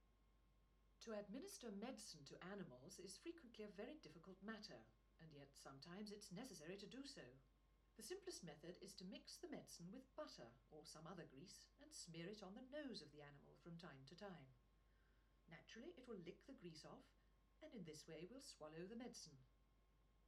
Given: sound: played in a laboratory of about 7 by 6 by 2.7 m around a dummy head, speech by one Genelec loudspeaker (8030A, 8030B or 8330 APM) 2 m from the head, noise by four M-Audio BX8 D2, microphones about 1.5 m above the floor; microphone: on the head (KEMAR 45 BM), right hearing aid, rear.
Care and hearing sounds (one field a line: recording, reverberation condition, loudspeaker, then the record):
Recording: female speech in English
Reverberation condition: low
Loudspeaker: 90 degrees to the right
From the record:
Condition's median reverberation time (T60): about 310 ms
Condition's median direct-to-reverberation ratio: about 3.5 dB